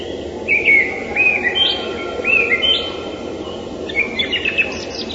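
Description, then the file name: Song thrush singing varied whistled phrases, some sliding and slurred, between short pauses, over constant background noise. "drozd pevchijj"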